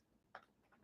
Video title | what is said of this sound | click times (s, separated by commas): Let's hang out and talk about makeup - new makeup releases - Indie makeup I have | Just clicks right into place. | 0.3 s